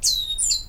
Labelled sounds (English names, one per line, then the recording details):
Stitchbird song
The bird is a male
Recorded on Tiritiri Matangi Island, New Zealand, in 2005
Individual 14, of nest box 20